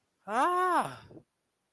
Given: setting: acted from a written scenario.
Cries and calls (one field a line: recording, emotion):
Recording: vocal sound without words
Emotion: fear